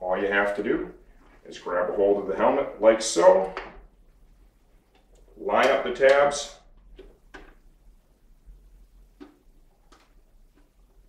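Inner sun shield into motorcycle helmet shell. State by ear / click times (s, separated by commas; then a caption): not seated / none. Someone talks while handling an AGV Skyline motorcycle helmet, lining up the tabs of the removable inner sun shield with the guides inside the helmet shell to slide it in, and a few faint handling sounds follow. Nothing has seated or clicked yet; the shield is still being handled and has not locked into place.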